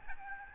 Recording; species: mosquito wingbeat signal from an infrared sensor; Aedes albopictus